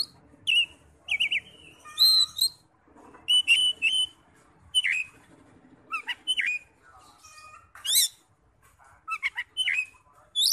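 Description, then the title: Oriental magpie-robin singing loud clear whistles, downslurs and harsh buzzy notes in irregular, quickly repeated phrases. "Kacer"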